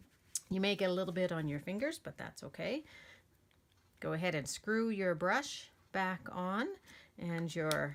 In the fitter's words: You put the reservoir right back in, it'll snap into place.